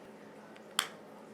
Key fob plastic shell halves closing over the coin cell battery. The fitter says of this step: snap it back together you heard it click there and then just screw your screw back in